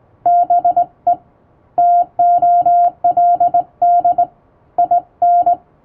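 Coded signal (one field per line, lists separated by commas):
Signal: Morse code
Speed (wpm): 21 wpm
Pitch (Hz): 700 Hz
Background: none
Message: BE TOLD IN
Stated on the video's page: Hand-keyed Morse sent on a vertical straight key with correct posture, a basic sending lesson using an English-language telegram practice book.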